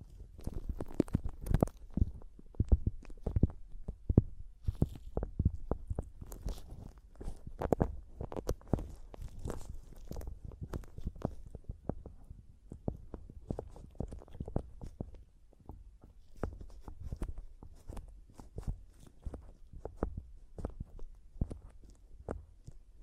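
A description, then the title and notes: Mic tapping and scratching in a rapid, irregular stream of dry knocks and scrapes, dense throughout the clip. The hits are thumpy and low, with some brighter scratchy edges, and several stronger taps cluster in the first eight seconds before the pace settles into softer, quicker strokes. ASMR Mic Tapping and Scratching (No Talking).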